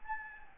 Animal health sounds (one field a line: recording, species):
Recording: mosquito wingbeat signal from an infrared sensor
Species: Anopheles gambiae